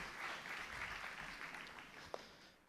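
An audience applauds together in a steady, dense wash of clapping that holds for a few seconds before thinning out, with one sharper clap standing out near the end.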